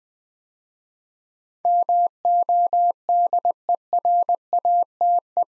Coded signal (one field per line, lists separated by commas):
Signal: Morse code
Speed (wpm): 20 wpm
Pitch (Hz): 700 Hz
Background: none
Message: MODERATE